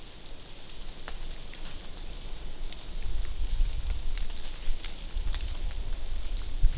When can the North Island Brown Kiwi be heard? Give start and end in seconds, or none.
none